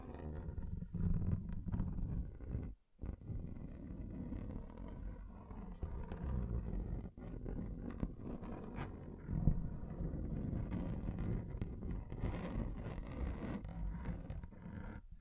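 Scratching across a table surface, a dense, continuous rasping that stays mostly low and muffled with brighter scrapes flicking through. A brief silent break falls near the three-second mark, and a sharper knock stands out around nine and a half seconds.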